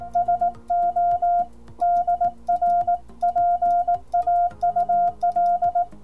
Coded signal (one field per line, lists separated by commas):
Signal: Morse code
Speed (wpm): 18 wpm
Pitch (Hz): 700 Hz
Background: music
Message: SO DR PAUL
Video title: G0PNM's Keys #13 The Begali Sculpture Mono